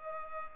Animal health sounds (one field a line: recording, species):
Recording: mosquito wingbeat signal from an infrared sensor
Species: Culex pipiens